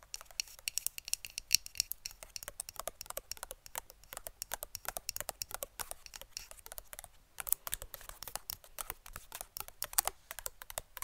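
Rapid fingernail tapping goes on without pause, a dense stream of sharp, bright clicks that sound much like typing on a keyboard. The pace is quick and uneven, with some louder taps scattered throughout and a brief lull just after seven seconds.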